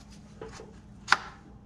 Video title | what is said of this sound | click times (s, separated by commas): Oil Change on 2019 Mustang GT PP1 | you'll hear it click and then that's back in place | 1.1 s